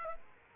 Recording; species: mosquito wingbeat signal from an infrared sensor; Aedes aegypti